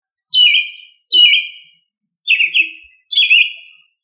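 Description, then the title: Thrush song of four clear, slurred descending whistled phrases, each under a second, separated by short pauses; otherwise quiet. "Familia Turdidae - Sabia"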